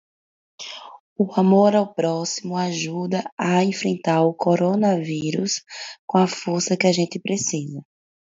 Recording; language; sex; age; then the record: spoken sentence; Brazilian Portuguese; female; 20 to 29 years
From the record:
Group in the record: control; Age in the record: 28 years